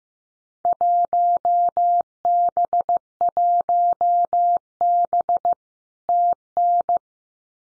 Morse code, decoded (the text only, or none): 1B1B TN